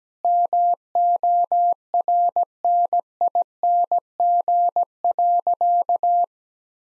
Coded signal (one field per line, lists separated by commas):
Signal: Morse code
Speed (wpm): 17 wpm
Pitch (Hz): 700 Hz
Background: none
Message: MORNING.